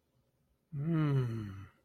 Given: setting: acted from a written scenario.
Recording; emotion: vocal sound without words; romantic love